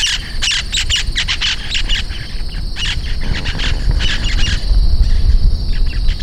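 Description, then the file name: Bird uttering rapid harsh squawks in clustered series, pausing briefly before another burst, over a constant low rumble. "SABIOD 50 bird 2015"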